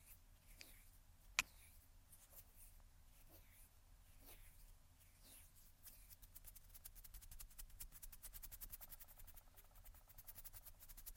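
Fingers tap, scratch and flutter against a handheld recorder. One sharp, loud tap lands early, then soft, scattered taps follow about once a second. From the middle onward, a fast, dense fluttering builds toward the end, over a constant low hum.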